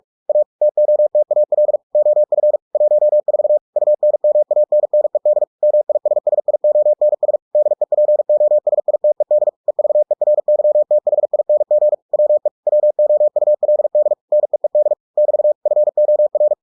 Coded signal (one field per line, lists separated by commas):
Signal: Morse code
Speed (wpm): 46 wpm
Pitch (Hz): 600 Hz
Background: none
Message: A TOTAL OF 14 UNMANNED MISSIONS DEPOSITED EVERYTHING WE WOULD NEED <BT> FOR